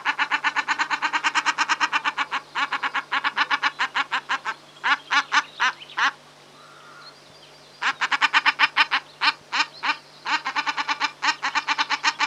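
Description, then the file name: Common shelduck calls in rapid repeated series of harsh, nasal pulses, a long run broken by short pauses and a gap of under two seconds a little past the middle. "Common Shelduck (Tadorna tadorna)"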